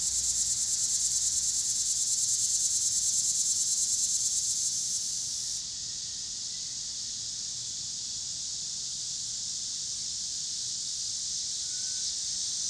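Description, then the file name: Cicadas droning in a dense, steady high buzz that drops in loudness partway through, with low traffic rumble underneath. Pittsburgh, Pennsylvania; 26 August 2023; recorded alongside car traffic. "cicadas and cars Pittsburgh PA"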